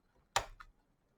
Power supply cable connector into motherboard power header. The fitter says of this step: until you hear the click. That's